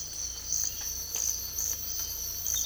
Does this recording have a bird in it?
no